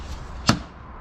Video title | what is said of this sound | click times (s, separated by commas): How To Mix & Apply Iron Sulphate To Your Lawn | you hear that click and then spin it and it's on | 0.5 s